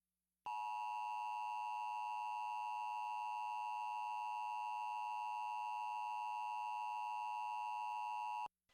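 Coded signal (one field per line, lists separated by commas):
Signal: Emergency Alert System (SAME) tones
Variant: 853 and 960 Hz attention tone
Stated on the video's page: Tornado Watch EAS alert that interrupted a National Football League broadcast.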